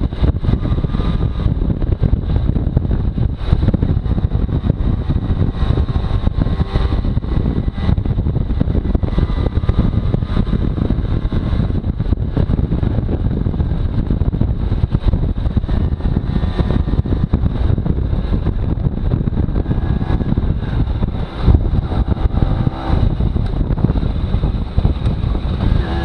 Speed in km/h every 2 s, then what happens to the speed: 40, 40, 42, 44, 47, 44, 40, 39, 37, 31, 27, 22, 26.
0-9 speeds up to 47. 9-21 slows to 22.